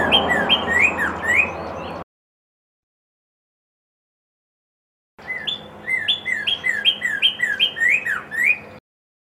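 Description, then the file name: Red-crested cardinal singing quick series of bright, downslurred whistled phrases in two bouts, the first cut short, with a low background hum. Song variation 3. "suara kicauan burung red crested cardinal. omkicau"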